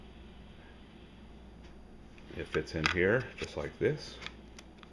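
A Li-42B lithium camera battery is handled near the plastic cradle of a wall charger while someone talks, with a few faint handling taps. Nothing has seated or clicked yet.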